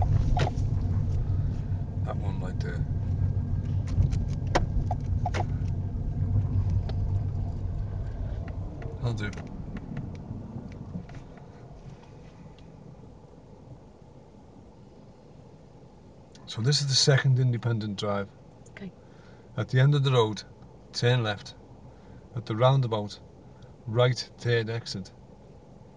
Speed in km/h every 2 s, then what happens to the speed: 15, 13, 11, 5, 0, 0, 0, 0, 0, 0, 0, 0, 0.
0-8 slows to 0. 8-26 standing.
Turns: none.